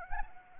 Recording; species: mosquito wingbeat signal from an infrared sensor; Anopheles arabiensis